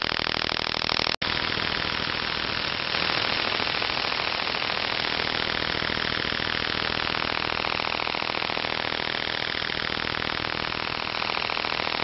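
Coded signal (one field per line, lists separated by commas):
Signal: radar signal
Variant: over-the-horizon radar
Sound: steady rapid buzzing rattle of regular pulses, like an engine idling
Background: radio static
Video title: Signals of Over The Horizon Radars OTH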